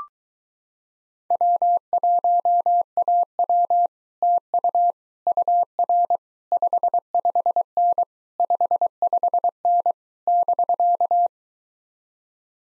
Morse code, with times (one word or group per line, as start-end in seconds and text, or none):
1.3-3.9 W1AW
4.2-4.9 TU
5.3-6.2 UR
6.5-8.0 55N
8.4-9.9 55N
10.3-11.3 <BK>